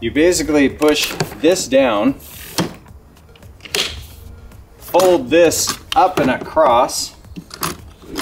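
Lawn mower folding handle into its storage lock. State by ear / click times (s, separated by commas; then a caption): seated / 7.6 s. Someone talks while folding the handle of an Ego Select Cut XP LM2156SP battery lawn mower: it is pushed down, then folded up and across for storage, with clattering knocks from the handle along the way. On one more fold, a sharp hit at 7.6 s marks the handle locking into its storage position.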